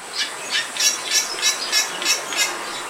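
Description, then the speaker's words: Bali Myna singing harsh, squawking notes repeated roughly three times a second, each burst loud and rough with a steady hiss behind. Played archival recording; distinct song; critically endangered, often poached for bird singing competitions popular in Indonesia. "Her species also has a distinct song. This example of a Bali Myna is from Cornell University's archive."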